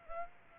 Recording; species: mosquito wingbeat signal from an infrared sensor; Aedes aegypti